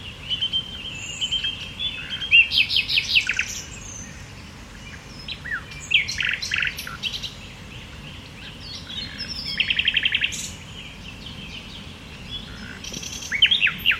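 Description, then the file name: Common nightingale song in separated bursts: short whistles, dense buzzy trills and sharp chirps, with quiet gaps between phrases over steady low background noise. "Luscinia megarhynchos"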